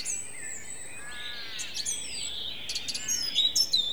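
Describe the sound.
Song thrush singing a varied run of harmonic notes mixed with clicks and thin high whistles, fairly soft throughout.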